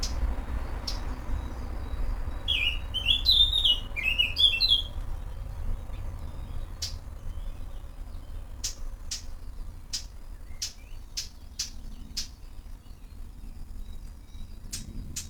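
Garden birds call in the early morning, a bright warbling phrase near second three, then sharp repeated clicks over a steady low rumble.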